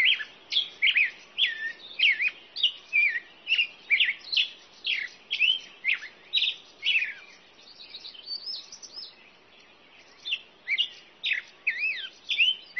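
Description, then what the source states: Birds singing rapid, bright chirps and twittering whistles in a steady run of short phrases, with a softer, quieter stretch of warbling partway through. Birds at dawn.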